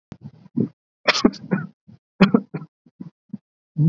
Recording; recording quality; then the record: shallow voluntary cough; excellent, no background noise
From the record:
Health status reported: COVID-19 positive, mild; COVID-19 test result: positive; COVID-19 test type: RT-PCR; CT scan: not taken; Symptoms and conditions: cough, fever, fatigue, muscle pain, asthma, hypertension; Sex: male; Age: 28 years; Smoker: no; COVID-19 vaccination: both doses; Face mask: worn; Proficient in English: yes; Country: India